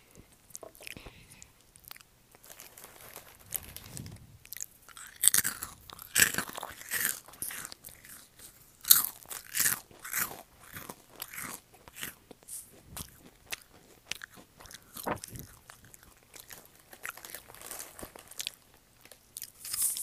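Someone munches goldfish crackers, with sharp, bright crunches coming in rapid, irregular bursts for the full twenty seconds. The chewing is densest and loudest between about five and ten seconds, with soft low thumps now and then.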